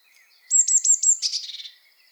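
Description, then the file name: Eurasian blue tit call, a thin high note breaking into several quick ticks and a short buzzy churr. "Cyanistes caeruleus"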